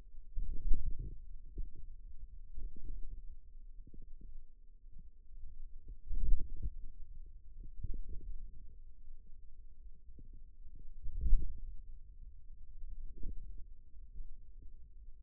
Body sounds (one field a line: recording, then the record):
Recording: forearm muscle sounds (acoustic myography)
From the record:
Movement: wrist flexion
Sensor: system 2, bracelet of six BSWA MPA416 microphones around the upper forearm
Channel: 2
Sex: male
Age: 22 years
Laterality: right